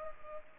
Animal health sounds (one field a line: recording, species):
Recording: mosquito wingbeat signal from an infrared sensor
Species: Culex pipiens